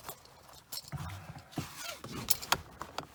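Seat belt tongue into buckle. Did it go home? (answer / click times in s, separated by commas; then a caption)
no / none. A seat belt's metal tongue is being handled toward its buckle in a Dodge Ram, with sharp clicks and knocks at about 2.3, 2.5, 3.0 and 3.2 seconds over rustling. Nothing has latched or seated yet.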